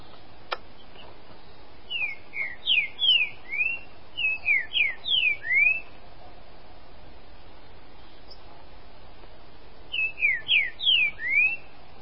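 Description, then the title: Green-winged Saltator song of bright whistled notes that sweep up and down, delivered in three brisk phrases of four or five notes each, the first two separated by a short silence and the third after a pause of about four seconds. "Trinca Ferro"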